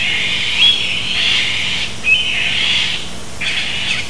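Bird giving three rasping, buzzy calls, the first two starting with a short sharp whistle, spaced about a second and a half apart against background hiss.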